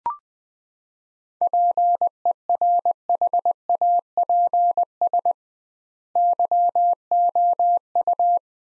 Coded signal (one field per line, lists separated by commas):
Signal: Morse code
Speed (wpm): 20 wpm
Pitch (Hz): 700 Hz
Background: none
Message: PERHAPS YOU